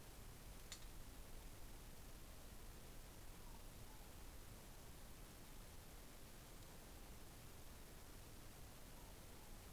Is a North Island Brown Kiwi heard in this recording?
no